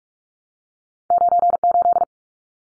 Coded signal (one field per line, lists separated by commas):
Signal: Morse code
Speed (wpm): 44 wpm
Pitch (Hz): 700 Hz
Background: none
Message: 98